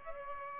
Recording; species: mosquito wingbeat signal from an infrared sensor; Aedes aegypti